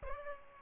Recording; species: mosquito wingbeat signal from an infrared sensor; Aedes albopictus